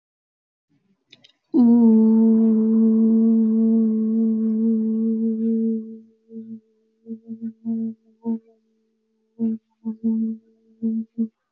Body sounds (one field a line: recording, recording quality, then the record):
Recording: sustained vowel as in boot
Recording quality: moderate, slight background noise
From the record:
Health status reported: healthy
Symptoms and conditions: none ticked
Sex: female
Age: 22 years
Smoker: not ticked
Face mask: not worn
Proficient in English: yes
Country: India